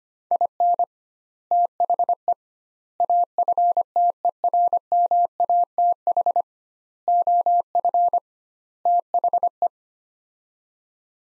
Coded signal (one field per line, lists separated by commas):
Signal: Morse code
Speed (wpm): 25 wpm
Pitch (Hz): 700 Hz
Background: none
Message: IN THE AFTERMATH OF THE